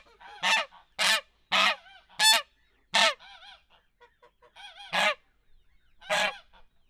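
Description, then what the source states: Domestic goose honking: seven loud, harsh, nasal honks at irregular intervals, with softer gabbling calls between them. In a farmyard.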